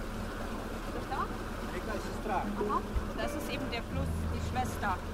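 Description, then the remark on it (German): A small motorboat with a thin fabric roof steers out of a harbour at Sestroretsk, far east in the Gulf of Finland; its engine drones low and steady, a throbbing hum throughout, with splashing water and faint voices and chirps drifting over the top. “Steuert ein Motorboot aus einem schattengrünen Hafen, weit östlich im finnischen Meerbusen.”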